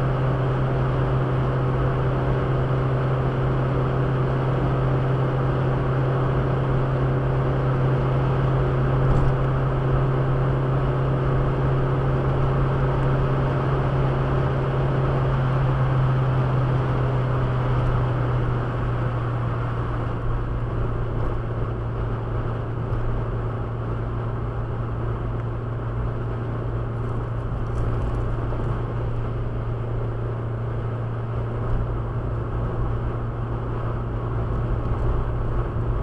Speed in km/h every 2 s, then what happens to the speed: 124, 124, 125, 125, 126, 127, 127, 126, 119, 113, 109, 109, 108, 109, 110, 109, 110, 111.
0-13 steady at about 125. 13-20 slows to 109. 20-36 steady at about 109.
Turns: none.